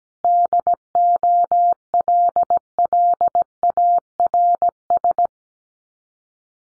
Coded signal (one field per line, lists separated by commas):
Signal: Morse code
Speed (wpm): 17 wpm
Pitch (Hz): 700 Hz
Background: none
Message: DOLLARS